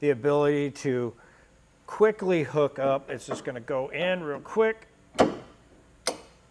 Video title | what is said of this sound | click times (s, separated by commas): etrailer - Roadmaster Direct-Connect Base Plate Kit Installation Guide - 2021 Lincoln Nautilus | and then click right in place. | 6.1 s